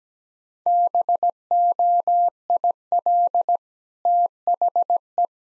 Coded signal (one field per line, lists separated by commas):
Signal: Morse code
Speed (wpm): 17 wpm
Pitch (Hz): 700 Hz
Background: none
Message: BOIL THE